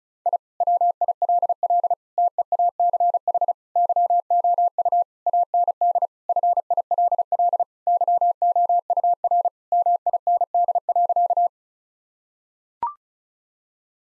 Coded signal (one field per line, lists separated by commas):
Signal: Morse code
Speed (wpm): 36 wpm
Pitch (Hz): 700 Hz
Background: none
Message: I WILL TEACH YOU AND FILL YOUR MIND.